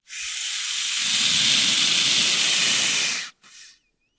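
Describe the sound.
Snake hiss: one long, steady, breathy hiss lasting about three seconds, then a brief, softer second hiss.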